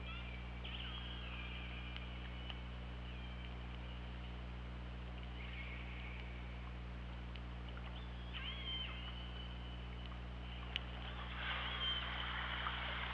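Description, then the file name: Orca calls, repeated flat and downward-bending tones spread through the recording, ending in a rougher, noisier burst, with steady low hum beneath. Recorded on an OrcaLab hydrophone, 24 August 2017 at 21:12:22. "Orca Lab UTLN JASON 20170824 211222"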